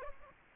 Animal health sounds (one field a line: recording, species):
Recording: mosquito wingbeat signal from an infrared sensor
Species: Aedes aegypti